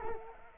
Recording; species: mosquito wingbeat signal from an infrared sensor; Culex quinquefasciatus